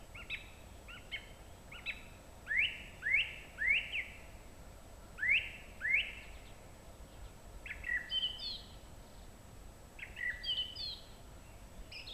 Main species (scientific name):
Turdus philomelos